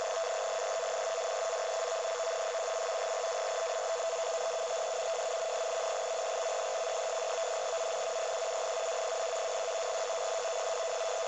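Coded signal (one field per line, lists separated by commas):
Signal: NAVTEX (SITOR-B)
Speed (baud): 100 baud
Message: AEGEAN SEA: 1. PARACHUTE JUMPING EXERCISE ON 17, 20, 21 JAN 22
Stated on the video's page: 518 kHz NAVTEX broadcast received with an octagonal loop antenna and RTL-SDR.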